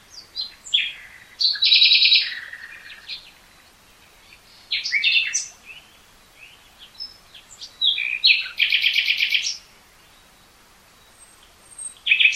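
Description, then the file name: Common nightingale singing rasping rattles mixed with varied chirped notes, in several phrases with quiet pauses between them. "Luscinia megarhynchos"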